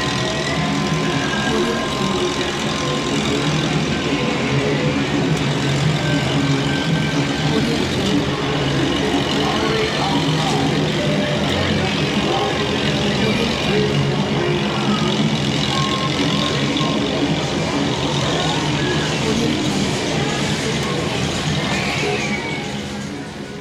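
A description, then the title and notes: Amusement park ambience: a dense, steady wash of crowd chatter and voices layered over a constant low rumble of machinery or rides. The level holds even throughout, with scattered brief calls and clatters, before easing slightly in the final second. Amusement Park Ambience.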